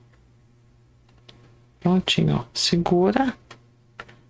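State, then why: Seated. A small craft part is fitted into a hand-held press tool with soft handles, held and squeezed. Someone talks, then a short, sharp click at 4.0 s marks the part locking in place, with a faint handling tick just after.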